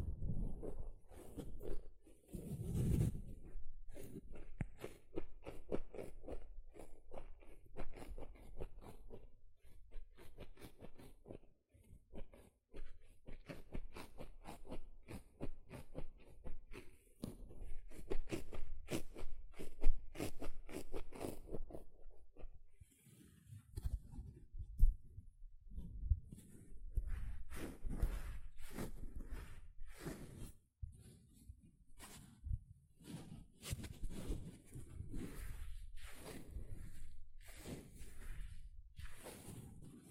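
A sponge is scratched and squished in dense, irregular bursts of rough rubbing, with low squelchy thumps and brief pauses near 12 and 23 seconds.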